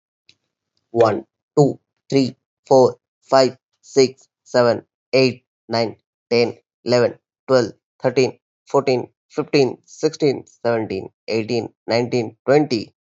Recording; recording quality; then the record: counting at a normal pace; excellent, no background noise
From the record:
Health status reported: healthy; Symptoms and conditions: fever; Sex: male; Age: 32 years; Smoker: yes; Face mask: not worn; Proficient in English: yes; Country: India